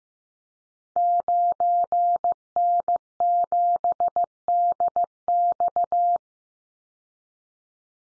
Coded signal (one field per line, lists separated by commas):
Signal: Morse code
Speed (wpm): 15 wpm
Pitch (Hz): 700 Hz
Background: none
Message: 9N7DX